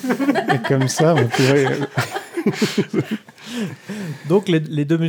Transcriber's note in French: Rires